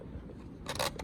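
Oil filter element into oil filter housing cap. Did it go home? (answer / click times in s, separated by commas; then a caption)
no / none. A new oil filter element for a 2015 BMW 650i (N63/N63TU) is being handled and pushed toward its plastic oil filter housing cap. A low, quiet rumble gives way to bursts of bright scraping and rustling noise around 0.7–0.9 s, then brief sharp ticks at 1.0 s and 1.1 s. The element has not seated or clicked into the cap yet.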